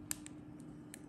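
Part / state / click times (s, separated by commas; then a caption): microSD card into mini camera card slot / seated / 0.1 s. A microSD memory card is pushed into the card slot on the side of a V99S-Max mini spy camera control module and latches with a sharp click at 0.1 s, seating the card. Softer ticks follow at about 0.3, 0.6, 0.9 and 1.2 seconds over a low steady hum.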